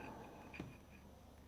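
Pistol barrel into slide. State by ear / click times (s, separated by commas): not seated / none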